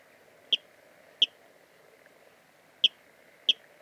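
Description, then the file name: Water rail uttering several sharp, clicking kip notes, irregularly spaced with a long pause midway; little else audible. Recorded at Dviete. "life dviete. rallus aquaticus"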